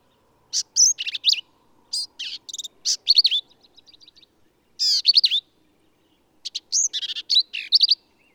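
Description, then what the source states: Black-capped vireo song with emphatic, varied phrases of squeaky, buzzy and slurred notes, grouped in bursts with brief gaps and a faint soft warble between. Male singing in the Texas hill country, United States; endangered species; varies phrases, truncating, embellishing and running several together; all recordings from one individual.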